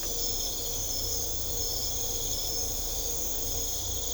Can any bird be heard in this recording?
no